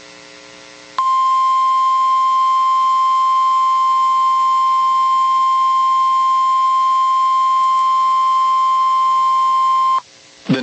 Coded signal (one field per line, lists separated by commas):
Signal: Emergency Alert System (SAME) tones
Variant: 1050 Hz attention tone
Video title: Severe Thunderstorm Warning (IL and KY) (3/30/25) [EAS #104]